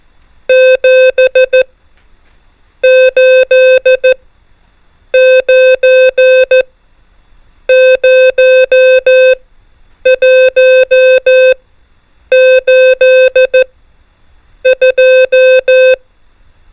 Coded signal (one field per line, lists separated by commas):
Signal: Morse code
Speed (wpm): 14 wpm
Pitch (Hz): 520 Hz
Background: music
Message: 7 8 9 0 1 8 2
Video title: MORSE CODE RUNNER NUMBERS ONLY | CW PRACTICE CODE